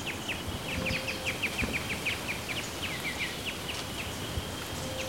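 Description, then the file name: Bird giving many short, sharp, high chips in an irregular run, some dropping in pitch, against a noisy hiss. "SABIOD 50 bird 2015"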